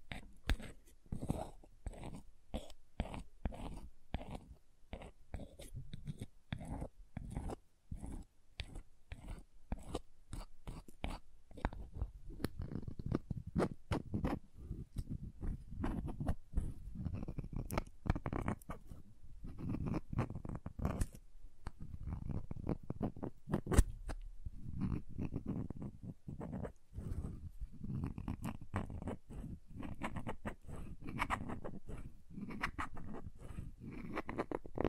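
Crayons tap and scrape in a dense, irregular stream of short clicks and scratchy strokes for the whole stretch. The knocks are mostly low and dull, with brief brighter ticks scattered throughout, and the activity grows busier and fuller after about fifteen seconds.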